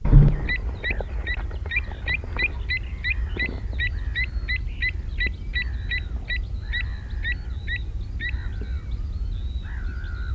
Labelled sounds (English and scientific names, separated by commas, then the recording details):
Pied Avocet (Recurvirostra avosetta) call
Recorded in the wild
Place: Insel Kirr, Barther Bodden, Mecklenburg-Vorpommern, DE
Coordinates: 54.421, 12.705
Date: 1970-05-24
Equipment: Nagra III BH, Sennheiser MD 421
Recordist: Schubert, Michael
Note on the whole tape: Warnen Säbelschnäbler (Griffgeräusche!) (24. - 25. 5. 1970)